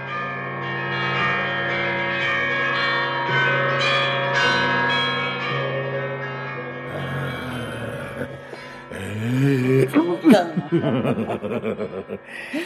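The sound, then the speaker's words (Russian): Church bells peal in a steady run of ringing strikes with bright, sustained overtones, then fade as chuckling laughter and voices take over near the end. “Всем объяви, чтобы все знали, кричи во весь народ, валяй в колокола, черт побери, уж когда торжество, как торжество!”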